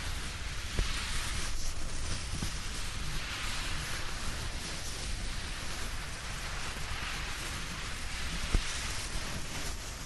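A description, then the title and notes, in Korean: A dry blanket rustles and swishes without pause, a dense, crisp papery hiss that sits mostly in the upper range and swells and eases slightly over time. A couple of soft taps stand out, one near the start and one near the end. 스르륵 이불 소리. 잘 말린 이불 속에서 사각사각.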